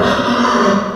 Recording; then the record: squeal of a Yucatan mini pig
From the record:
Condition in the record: after surgery on the right vocal fold (resection and tissue-engineered implant); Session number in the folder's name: 15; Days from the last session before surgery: 175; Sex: female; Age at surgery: 19 weeks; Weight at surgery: 25 kg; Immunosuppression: prednisolone